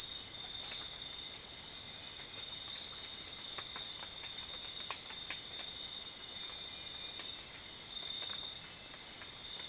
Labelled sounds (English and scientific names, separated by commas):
none